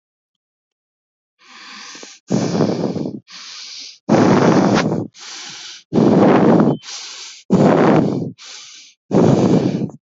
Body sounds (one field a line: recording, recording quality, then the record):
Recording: shallow breathing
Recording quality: moderate, slight background noise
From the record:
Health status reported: healthy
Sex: female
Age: 28 years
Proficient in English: yes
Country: India